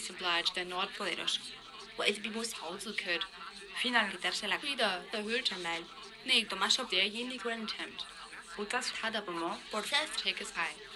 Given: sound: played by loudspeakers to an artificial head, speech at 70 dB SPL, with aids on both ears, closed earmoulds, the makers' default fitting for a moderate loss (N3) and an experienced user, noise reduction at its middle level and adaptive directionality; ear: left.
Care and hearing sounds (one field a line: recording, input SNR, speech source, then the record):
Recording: speech test signal (ISTS) in cocktail-party noise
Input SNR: +6 dB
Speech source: in front (0 degrees)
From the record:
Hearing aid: class 1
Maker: E